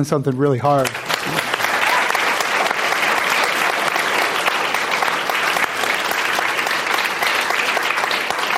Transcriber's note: applause